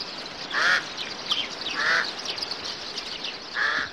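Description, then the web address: Bird calls: three loud, harsh, drawn-out nasal notes about a second or more apart, ringing over a steady high-pitched hiss. "audio animali uccelli 05 uccelli birds 01"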